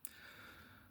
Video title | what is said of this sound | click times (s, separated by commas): REVIEWING EVERY MULTITOOL IN MY COLLECTION! 🤯 | Pull that down to un to unlock it and release it. | 0.0 s